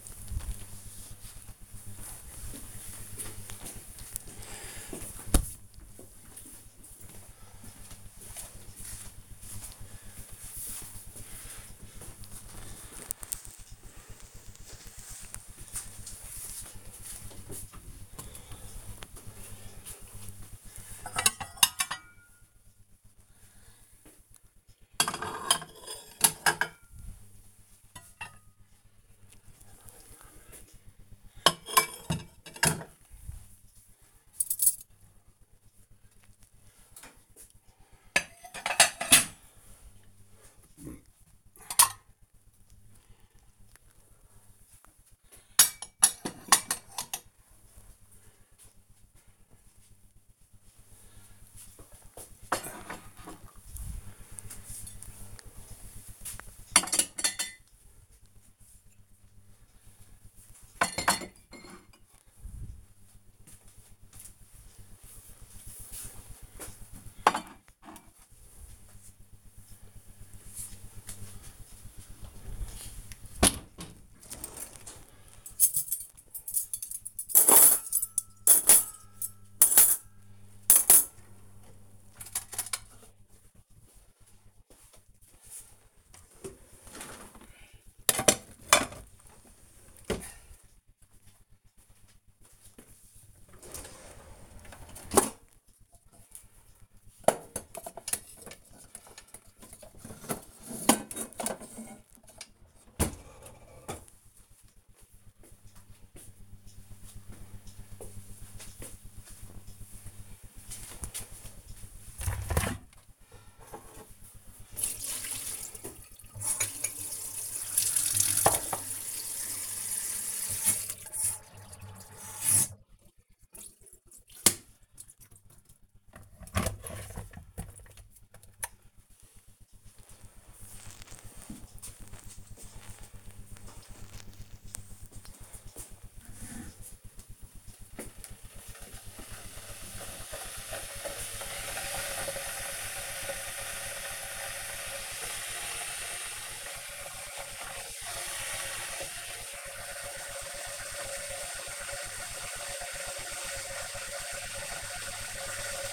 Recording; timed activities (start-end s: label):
household activities, microphone on the right wrist
18.88-104.45 s: putting away the dishes
112.49-155.93 s: making tea